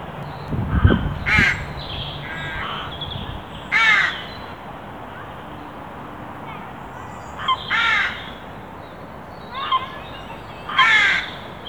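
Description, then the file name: Carrion crow giving several harsh caws at irregular intervals, mixed with softer calls and a low thump near the start. "Corvus corone"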